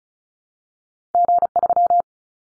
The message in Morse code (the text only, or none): G3